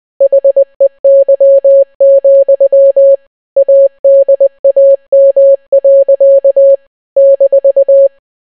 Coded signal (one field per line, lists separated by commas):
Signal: Morse code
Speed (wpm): 20 wpm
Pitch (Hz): 550 Hz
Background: none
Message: HEY, ADAM. -